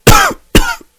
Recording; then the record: coughing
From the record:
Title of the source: Coughing 51